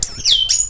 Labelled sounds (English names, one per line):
Stitchbird song